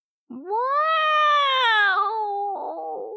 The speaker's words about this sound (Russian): Раздалось совсем близко, и именно этот последний звук пробудил в памяти какие-то знакомые ассоциации. «Коты!» «Так вопят коты!» «Ну точно!» «Это где-то собрались несколько блохастых паразитов и орут друг на друга.